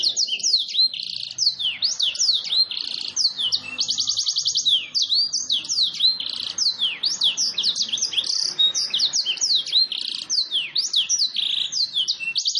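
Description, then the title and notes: Domestic canary in extended continuous song, repeated swooping whistles, rolled trills and chattering phrases without pause. Long continuous canary song used as a lure and as tutoring material for training wild canaries. "Pikat Kenari GACOR PANJANG INI Cocok Untuk Masteran KENARI LIAR. Masteran burung kenari gacor parah"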